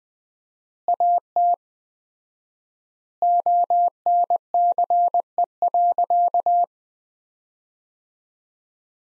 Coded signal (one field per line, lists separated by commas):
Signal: Morse code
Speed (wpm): 20 wpm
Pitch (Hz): 700 Hz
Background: none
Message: AT ONCE.